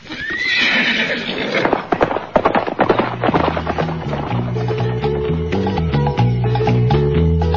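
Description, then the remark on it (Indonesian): A horse whinnies loudly at the start, followed by a rapid run of hooves clip-clopping as riders head into a forest, later joined by a low, steady tonal drone. “Kalau begitu, mari naik ke atas kuda.”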